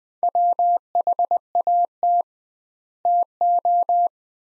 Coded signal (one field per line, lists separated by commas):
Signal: Morse code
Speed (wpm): 21 wpm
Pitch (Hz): 700 Hz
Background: none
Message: WHAT TO